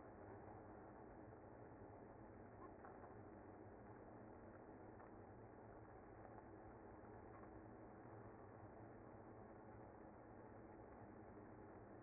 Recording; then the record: honeybee colony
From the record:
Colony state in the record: active